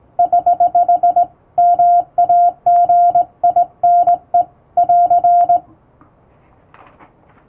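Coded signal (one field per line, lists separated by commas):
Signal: Morse code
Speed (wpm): 19 wpm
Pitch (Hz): 700 Hz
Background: none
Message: <HH> MAGINE <AR>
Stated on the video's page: Hand-keyed Morse on a straight key with correct posture and basic keying, sending English-language telegram practice text from a radiotelegraph practice book, for practice.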